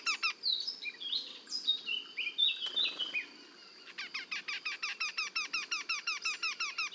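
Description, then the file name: Eurasian wryneck calls, a loud quick string of nasal notes following a few seconds of varied whistles. Two wrynecks calling together in a duet. "torcols en duo"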